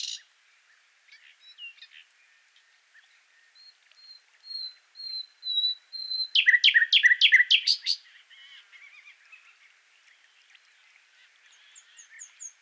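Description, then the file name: Common nightingale song: quiet whistles building through a series of thin piping notes into a loud, fast, chattering trill, then softer varied twitters. "Luscinia megarhynchos"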